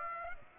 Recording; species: mosquito wingbeat signal from an infrared sensor; Aedes aegypti